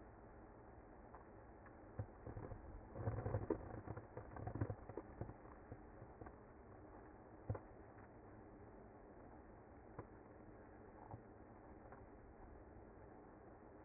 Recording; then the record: honeybee colony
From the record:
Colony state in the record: active